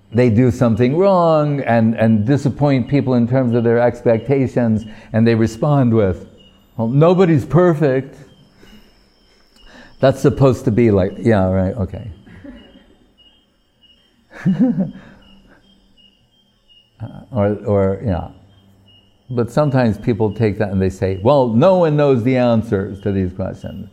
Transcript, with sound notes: they do something wrong and disappoint people, in terms of their expectations, and they respond with, “Nobodies perfect.” That's suppose to be like, yeah, right, OK. [laughing] Or... yeah... but, sometimes people take that and the say, “Well, no one knows the answers to these questions.”